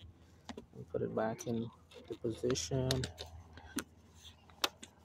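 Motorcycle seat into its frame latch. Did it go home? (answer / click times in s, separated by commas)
yes / 4.6 s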